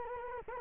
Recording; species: mosquito wingbeat signal from an infrared sensor; Culex quinquefasciatus